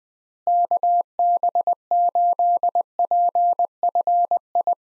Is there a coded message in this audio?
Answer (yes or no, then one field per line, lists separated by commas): yes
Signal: Morse code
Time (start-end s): 0.5-4.7 s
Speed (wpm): 20 wpm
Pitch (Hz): 700 Hz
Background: none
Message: KB8PFI